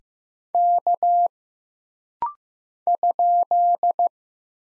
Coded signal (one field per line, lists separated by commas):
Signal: Morse code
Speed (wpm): 15 wpm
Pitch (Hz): 700 Hz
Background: none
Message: K ?